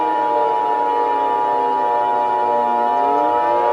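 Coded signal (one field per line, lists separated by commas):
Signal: Emergency Alert System (SAME) tones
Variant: 853 and 960 Hz attention tone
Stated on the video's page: Simulated EAS scenario set in Counter Strike: Global Offensive.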